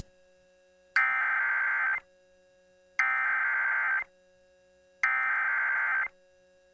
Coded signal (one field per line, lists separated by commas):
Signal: Emergency Alert System (SAME) tones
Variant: header bursts